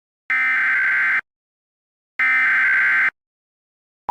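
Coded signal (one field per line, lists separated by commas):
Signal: Emergency Alert System (SAME) tones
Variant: header bursts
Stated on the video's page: Fictional EAS scenario, not a real alert.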